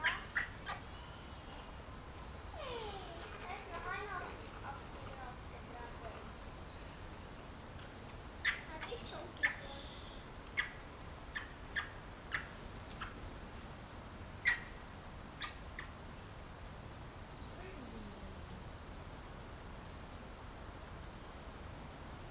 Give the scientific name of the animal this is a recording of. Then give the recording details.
Macaca sylvanus. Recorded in captivity. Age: adult. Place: Tiergarten Nürnberg, Bayern, DE. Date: 1993-09-14 17:11. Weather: 12 °C, bedeckt. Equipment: Marantz CP 430, Sennheiser MKH 416 T, Kopie Uher Variocord 263. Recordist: Tembrock, Günter. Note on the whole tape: Agonistisch